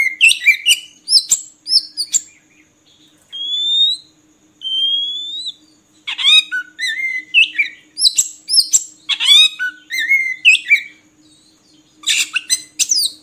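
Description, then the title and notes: Oriental magpie-robin singing in short bursts of quick chirps and whistles, with two long, pure, slightly rising whistles in the middle and dense twittering phrases afterward. Long-duration 'isian' (fill-in) song material of kacer, meant to get birds singing constantly ('gacor') by day and night. "Kacer Jadi Gacor Siang Malam. Isian Kacer Durasi Panjang"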